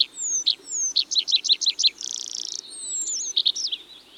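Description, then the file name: Tree pipit song: rapid high notes in short bursts, a dry buzzy trill in the middle, then thin descending whistles and a few final notes. "Tree Pipit (Anthus trivialis)"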